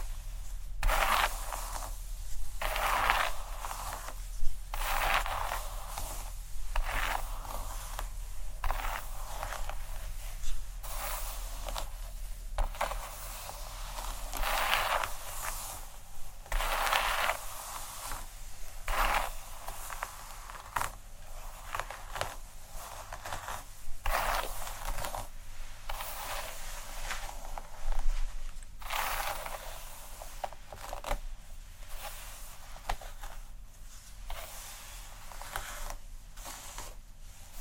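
Head scratching and hair brushing make dense, irregular scratchy rustles, with frequent bright swipes and brief louder strokes over a low steady hum.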